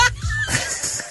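An adult sneezes with a duck-like quacking quality, followed by a pained sound.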